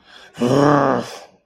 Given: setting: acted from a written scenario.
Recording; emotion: vocal sound without words; anger